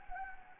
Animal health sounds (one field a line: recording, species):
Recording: mosquito wingbeat signal from an infrared sensor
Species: Anopheles gambiae